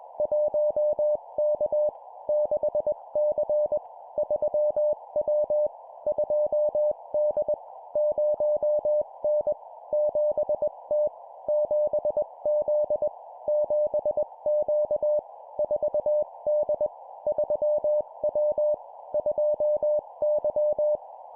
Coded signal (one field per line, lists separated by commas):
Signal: Morse code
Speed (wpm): 21 wpm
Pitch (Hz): 600 Hz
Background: none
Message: 1K 6C 3W 2D 0N 7T 7Z 7Q 4D 3W 2Y